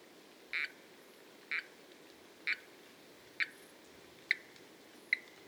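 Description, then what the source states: Frogs and treefrogs: short sharp calls repeated roughly once a second, six in a row, over a quiet hissing background. Frogs and treefrogs recorded in Costa Rica in November and December, mixed into a short musical composition.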